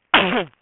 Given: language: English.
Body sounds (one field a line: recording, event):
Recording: throat vibration sensor signal played as sound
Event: cough